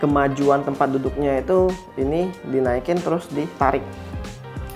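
Someone talks over background music while the seat depth adjuster of a Stramm Beckham Ergochair is lifted and the seat is pulled forward to set the plastic seat depth slider lock in the seat mechanism. The slider lock has not clicked or locked into place yet.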